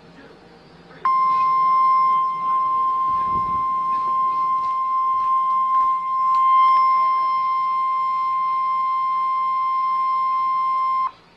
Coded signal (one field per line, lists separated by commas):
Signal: Emergency Alert System (SAME) tones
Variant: 1050 Hz attention tone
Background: speech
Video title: Real EAS #504 - Severe Thunderstorm Warning